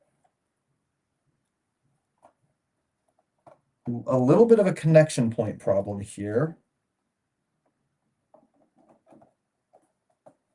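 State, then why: Seated. After a poor connection, a plastic LEGO building brick is pressed onto the studs of a Sherlock Holmes Book Nook model until it seats. Someone talks from about 3.9 to 6.6 s, with faint taps and small clicks before and after. The brick snaps into place at 8.4 s.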